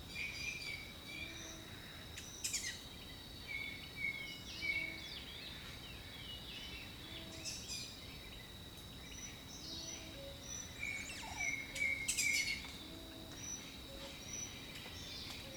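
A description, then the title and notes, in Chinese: Birds call in a jungle over a constant bed of insect-like hiss and low rumble. Bright chirps and short trills come every few seconds, with sharper clusters near 2.5 and 12 seconds, while a soft repeated low note sounds. 大自然的声音-丛林鸟鸣。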